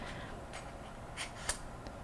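A plastic Neewer lens/filter adapter, held by magnets, is guided in by its flat piece and slid along a Neewer smartphone case. A faint rustle of handling gives way to one sharp, brief snap at 1.5 s, and the adapter seats in place on the case.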